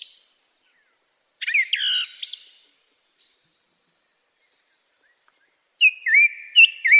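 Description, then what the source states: Song thrush singing in separate bursts of clear, varied phrases, fluty notes and sharp upward sweeps, with a long silent gap between the first phrases and the last. Melodic song.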